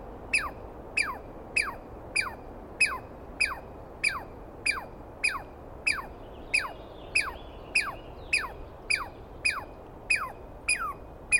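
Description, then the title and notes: Douglas squirrel calling persistently, shrill descending squeaks a little over half a second apart, slightly uneven in spacing. Douglas pine squirrel screaming at length at dawn on the morning of 21 April 2017 in the East Cascades, startling the recordist awake; identified by sound, not clearly seen. "On the morning of 21 April, 2017, I set up my microphones and recorder for a nice dawn recording in the East Cascades. I was started awake by a screaming Douglas Pine Squirrel."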